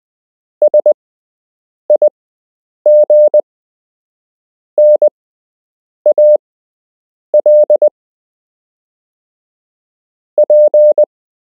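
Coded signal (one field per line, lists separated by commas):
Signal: Morse code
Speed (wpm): 20 wpm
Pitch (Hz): 600 Hz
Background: none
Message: SIGNAL P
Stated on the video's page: Beginner Morse code lesson with real Morse code to learn, part of a structured lesson plan.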